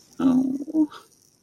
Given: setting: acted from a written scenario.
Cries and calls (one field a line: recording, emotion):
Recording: vocal sound without words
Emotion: sadness